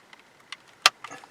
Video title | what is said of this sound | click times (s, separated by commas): Wireless DVR Camera With Wireless Monitor! use as backup or dash-cam. | put them at the bottom and then slide it up until it locks | 0.9 s